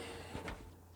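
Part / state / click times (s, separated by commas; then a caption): inkjet ink cartridge into printer carriage / seated / 0.5 s. A replacement ink cartridge for an HP Deskjet 2630 inkjet printer is pushed up and back under the lip in the printer carriage with firm pressure. A short sharp snap at 0.5 s is heard over a low steady hum. The cartridge seats in position.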